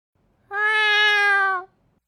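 A single drawn-out meow from a white cat, steady and fairly high-pitched, held for about a second at full volume before fading slightly at the end, with nothing else around it.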